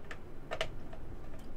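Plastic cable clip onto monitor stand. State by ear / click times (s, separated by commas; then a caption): seated / 0.6 s. A small plastic cable-management clip is pressed onto the back of the stand of an ASUS PB287 4K gaming monitor, giving a short sequence of light plastic ticks near 0.1, 0.5, 0.6 and 0.9 seconds. The loudest, sharpest tick at 0.6 seconds is where the clip locks into place on the stand, and it is confirmed seated.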